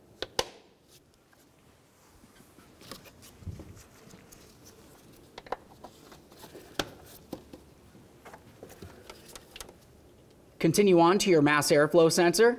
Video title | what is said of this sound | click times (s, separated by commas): How to Replace Exhaust Manifold Catalytic Converter Assembly 2004-2015 Nissan Titan | that lined up snap in your locking clips | 0.4 s, 6.8 s